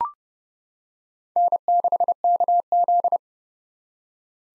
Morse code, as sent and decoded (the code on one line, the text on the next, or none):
-. -.... -.- --..
N6KZ